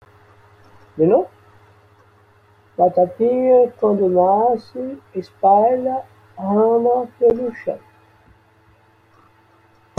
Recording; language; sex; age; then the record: short text; Brazilian Portuguese; male; 60 to 69 years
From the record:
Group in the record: control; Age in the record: 67 years